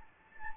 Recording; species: mosquito wingbeat signal from an infrared sensor; Anopheles gambiae